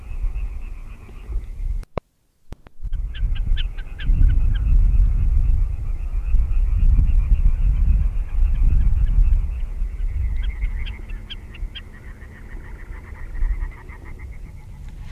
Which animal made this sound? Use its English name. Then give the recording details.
Common Snipe. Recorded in the wild. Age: adult. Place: Klockenhagen/Ribnitz-Damgarten, Mecklenburg-Vorpommern, DE. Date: 1970-06-05 21:40. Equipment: Uher 4200 Report Stereo, DM 622, Reflektor, Tesla-Verstärker. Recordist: Tembrock, Günter